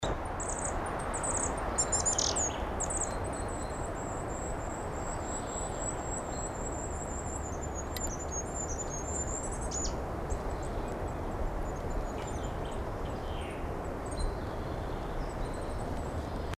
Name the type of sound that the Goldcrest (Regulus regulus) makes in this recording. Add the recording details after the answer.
song. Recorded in the wild. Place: Garmisch-Partenkirchen, Bayern, DE. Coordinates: 47.4931, 11.0633. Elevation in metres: 784. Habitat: mountains. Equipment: Uher 4000, Sennheiser MKH 415 T. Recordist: Tretzel, Erwin. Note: März 1980, Almhütte, Garmisch-Partenkirchen: Gesang mit Rivalenrufen